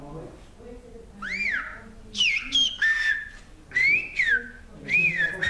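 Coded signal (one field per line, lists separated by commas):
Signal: whistled language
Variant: Occitan whistled language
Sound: several clear gliding whistled phrases rising and falling in pitch, with faint background voices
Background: faint voices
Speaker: en este pueblo del suroeste de francia los niños de esta clase no sólo aprenden el lenguaje de sus ancestros el occitano sino también a silbar lo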